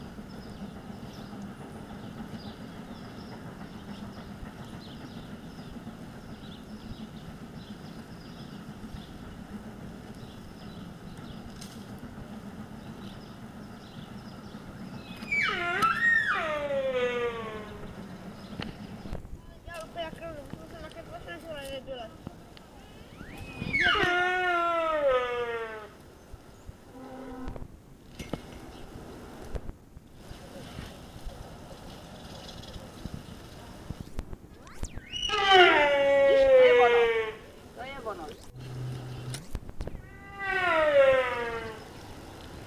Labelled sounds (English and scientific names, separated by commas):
Sika Deer (Cervus nippon) rut call